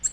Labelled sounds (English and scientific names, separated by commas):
Nashville Warbler (Leiothlypis ruficapilla) flight call